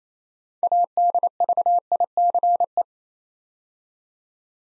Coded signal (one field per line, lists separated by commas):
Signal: Morse code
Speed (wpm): 27 wpm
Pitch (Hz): 700 Hz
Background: none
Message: ADVICE